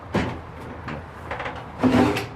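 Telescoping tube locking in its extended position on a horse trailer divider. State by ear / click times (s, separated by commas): not seated / none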